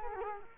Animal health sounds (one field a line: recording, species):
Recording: mosquito wingbeat signal from an infrared sensor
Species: Culex quinquefasciatus